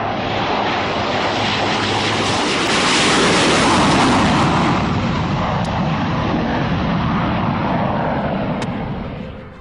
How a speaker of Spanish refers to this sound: Mientras tanto, un F-1 despega en busca de lo imposible.